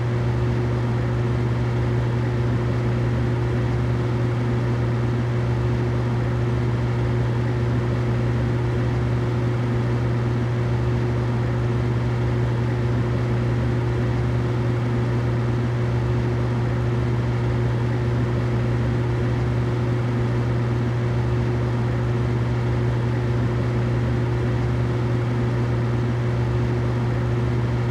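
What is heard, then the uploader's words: A humidifier hums steadily, its motor drone holding a constant low pitch with a clear tone in the lows and a fainter one above. A soft, even hiss of mist fills the upper range, unchanging throughout with no distinct events. The calming sounds of a humidifier, as it emits a gentle mist into the air. The peaceful hum of the humidifier. No dialogue or voice.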